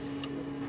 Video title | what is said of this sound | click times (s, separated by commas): 8559 rehanding - Accurate | Spring goes in first, like so. Latches onto here. | 0.2 s